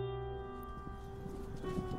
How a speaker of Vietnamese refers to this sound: Lúc bấy giờ chợt có hàng loạt tiếng vó ngựa lộc cộc cùng với tiếng ngựa hí dừng lại trước cổng lớn của dinh.